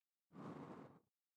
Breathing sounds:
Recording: one breath near a microphone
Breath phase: exhalation

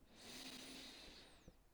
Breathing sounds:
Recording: one breath near a microphone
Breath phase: inhalation

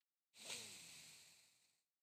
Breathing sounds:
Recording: one breath near a microphone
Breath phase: exhalation

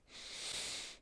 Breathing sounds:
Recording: one breath near a microphone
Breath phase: inhalation

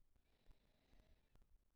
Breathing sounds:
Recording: one breath near a microphone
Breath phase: inhalation

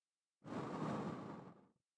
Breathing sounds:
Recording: one breath near a microphone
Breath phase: exhalation

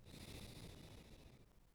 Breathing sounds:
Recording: one breath near a microphone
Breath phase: exhalation

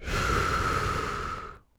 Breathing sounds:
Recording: one breath near a microphone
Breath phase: exhalation

